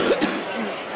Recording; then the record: coughing mixed with background sound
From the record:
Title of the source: 60 coughing still (deep and wet cough)